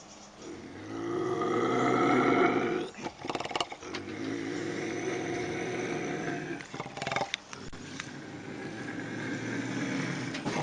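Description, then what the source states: Bobcat yowling in a long harmonic wail that swells then breaks off, followed by sharp hissing bursts and a lower, steady moaning growl. Bobcat howls, hisses and growls.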